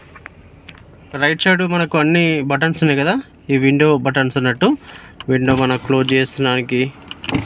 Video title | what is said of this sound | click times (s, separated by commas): Car లోని interior Functions ను ఎలా వాడాలి.?- ఏ Function ఎలా పని చేస్తుంది.- Car interior Functions | సెట్టింగ్ చేసిన తర్వాతకి జస్ట్ ఇలా గట్టిగా పైకి నొక్కేస్తే లాక్ అయిపోతుంది. | 0.3 s